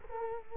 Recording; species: mosquito wingbeat signal from an infrared sensor; Culex quinquefasciatus